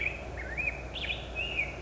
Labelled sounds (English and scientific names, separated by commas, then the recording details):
Black-headed Grosbeak (Pheucticus melanocephalus)
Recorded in Sonoma County, California